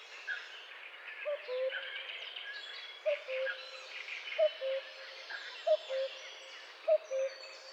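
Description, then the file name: Common cuckoo calling, a low two-note cu-coo with the second note lower, repeated five times at uneven intervals over a soft chorus of other birds. "Coucou gris"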